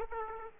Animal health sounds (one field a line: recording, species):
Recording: mosquito wingbeat signal from an infrared sensor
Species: Aedes aegypti